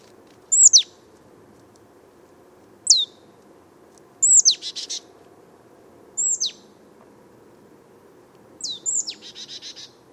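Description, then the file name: Marsh tit giving clear, high, falling notes at irregular intervals, two of them trailing into fast buzzy rattles. "Poecile palustris"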